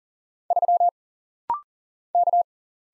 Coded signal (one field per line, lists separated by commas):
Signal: Morse code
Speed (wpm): 40 wpm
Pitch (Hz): 700 Hz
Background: none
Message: 3 K